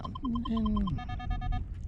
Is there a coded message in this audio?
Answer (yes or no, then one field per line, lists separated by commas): no